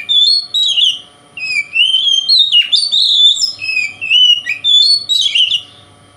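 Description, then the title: Oriental magpie-robin song of long, sweet whistled phrases that slide up and down, with short scratchy notes mixed in, delivered almost continuously. Local name kacer; song described as konslet, said to provoke other magpie-robins. "Kacer Konslet Bikin Kacer Lain"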